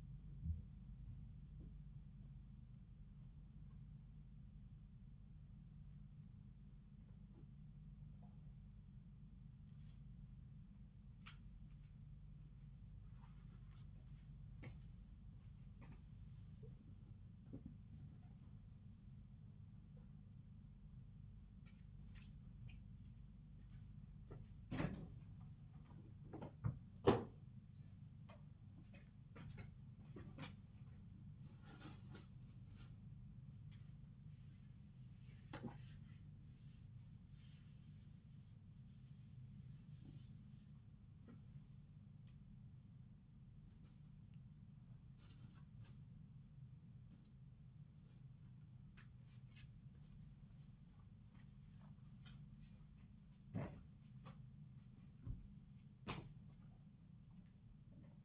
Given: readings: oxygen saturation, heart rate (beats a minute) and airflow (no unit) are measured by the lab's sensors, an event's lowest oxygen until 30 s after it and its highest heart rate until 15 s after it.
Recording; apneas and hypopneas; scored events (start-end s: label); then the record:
a person awake in a sleep study, by a smartphone at the bedside; none
0.00-58.25 s: awake
From the record:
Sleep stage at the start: awake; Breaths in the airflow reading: 18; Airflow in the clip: -0.7 to 0.7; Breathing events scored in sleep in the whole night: 270 in 6.1 hours asleep